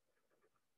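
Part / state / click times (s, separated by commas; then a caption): sliding rider weight into the notch on a triple beam balance beam / not seated / none. A metal rider weight is being slid along the hundreds beam of a triple beam balance toward a notch, giving soft, faint scraping and shuffling sounds over low background noise. The clip ends before the rider reaches the notch, so nothing has clicked or seated yet.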